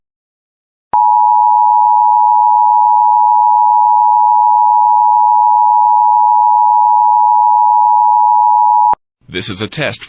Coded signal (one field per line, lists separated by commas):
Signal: Emergency Alert System (SAME) tones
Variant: 853 and 960 Hz attention tone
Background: speech